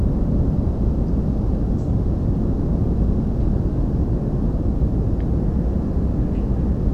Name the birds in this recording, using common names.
none